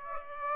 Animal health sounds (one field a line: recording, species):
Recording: mosquito wingbeat signal from an infrared sensor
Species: Aedes aegypti